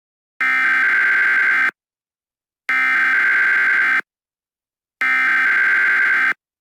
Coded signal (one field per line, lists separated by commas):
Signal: Emergency Alert System (SAME) tones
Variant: header bursts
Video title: Tornado warning EAS for San Diego